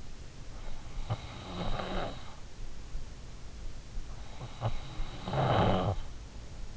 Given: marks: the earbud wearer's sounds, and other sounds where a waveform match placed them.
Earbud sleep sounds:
sounds in sleep by an in-ear microphone; snoring breath
0.28-2.68 s: snoring breath
3.88-6.57 s: snoring breath

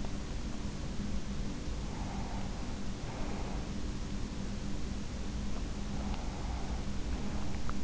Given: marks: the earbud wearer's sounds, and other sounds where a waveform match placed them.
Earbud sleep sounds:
sounds in sleep by an in-ear microphone; breath
1.66-4.12 s: breath
5.72-7.83 s: breath

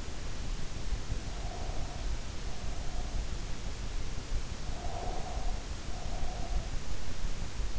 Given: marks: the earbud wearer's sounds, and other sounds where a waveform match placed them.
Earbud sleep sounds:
sounds in sleep by an in-ear microphone; breath
1.36-3.41 s: breath
4.68-6.72 s: breath

